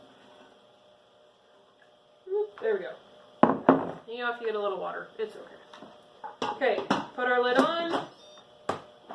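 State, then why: Seated. A lid is twisted onto an electric Instant Pot pressure cooker base while someone talks, with sharp knocks around 3.4 to 3.7 seconds. The lid locks in place with a clear click at 8.7 seconds.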